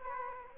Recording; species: mosquito wingbeat signal from an infrared sensor; Culex quinquefasciatus